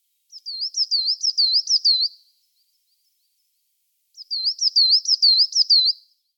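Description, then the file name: Coal tit singing two quick phrases of repeated high, see-sawing double notes, separated by a pause of about two seconds. "Tannenmeise Parus-ater"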